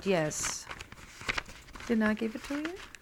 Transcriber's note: a rustling noise is heard